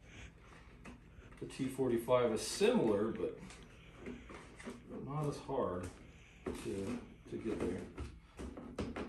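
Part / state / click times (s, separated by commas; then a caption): snap-fit airframe part into the RC jet fuselage / seated / 8.8 s, 9.0 s. A snap-fit part of the foam airframe of an Aerofoam MB-339 105mm EDF RC jet from Banana Hobby is pressed onto its mounting holes in the fuselage while someone talks. After some soft handling bumps, two sharp clicks at 8.8 s and 9.0 s mark the part seating firmly in place.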